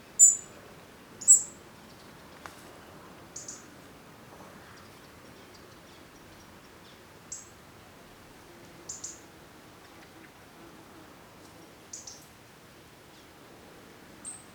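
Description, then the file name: European robin giving thin, very high call notes, short and sharp, spaced irregularly every one to four seconds, with a couple of louder notes near the start. "Erithacus rubecula"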